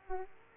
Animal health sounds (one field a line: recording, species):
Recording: mosquito wingbeat signal from an infrared sensor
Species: Aedes aegypti